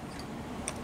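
A cartridge case is pushed into a station of a reloading press shell plate. One sharp tick sounds at 0.7 s. The case does not fully seat in the shell plate and does not go in all the way.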